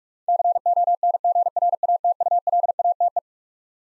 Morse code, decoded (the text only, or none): CONGRATULATE